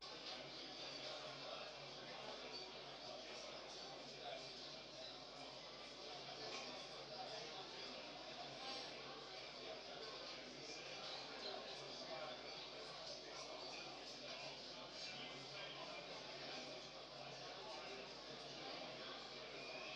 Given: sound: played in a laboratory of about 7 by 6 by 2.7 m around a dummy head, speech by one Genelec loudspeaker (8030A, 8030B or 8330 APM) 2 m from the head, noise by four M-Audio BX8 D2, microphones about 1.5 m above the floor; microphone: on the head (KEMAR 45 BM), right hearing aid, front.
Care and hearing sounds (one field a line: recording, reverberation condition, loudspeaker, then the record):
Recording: cafeteria noise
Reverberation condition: medium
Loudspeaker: four, about 170 cm from the corners of the room and facing them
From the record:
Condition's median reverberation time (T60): about 510 ms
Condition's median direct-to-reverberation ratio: about -0.5 dB